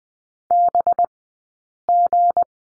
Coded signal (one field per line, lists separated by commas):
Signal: Morse code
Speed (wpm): 20 wpm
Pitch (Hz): 700 Hz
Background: none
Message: BG